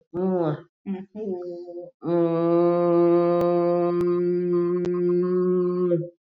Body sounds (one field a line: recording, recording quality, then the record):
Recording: sustained vowel as in boot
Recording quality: excellent, no background noise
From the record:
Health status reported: COVID-19 positive, moderate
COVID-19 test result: positive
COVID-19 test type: RT-PCR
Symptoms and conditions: cough, fever, fatigue, hypertension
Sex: female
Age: 71 years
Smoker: no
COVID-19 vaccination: both doses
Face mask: worn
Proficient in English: no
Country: India